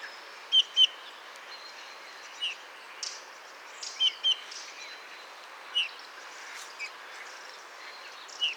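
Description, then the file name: Eurasian bullfinch calls: short, soft whistled notes, some in close pairs, given at irregular intervals over about eight seconds. "Pyrrhula pyrrhula"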